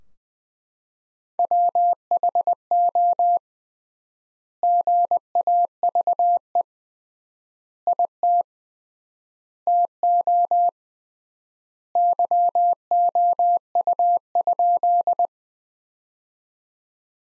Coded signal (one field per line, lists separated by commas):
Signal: Morse code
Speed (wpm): 20 wpm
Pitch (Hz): 700 Hz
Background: none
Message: WHO GAVE IT TO YOU?